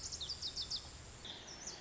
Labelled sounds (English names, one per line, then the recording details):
Lazuli Bunting
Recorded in Sonoma County, California